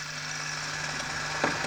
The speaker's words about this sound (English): Take it away! Sewing machine solo.